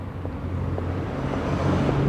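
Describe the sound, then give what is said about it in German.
A car rumbles past in steady low engine and road noise, growing slightly louder toward the end, with no voices. “Wieder ein Auto.”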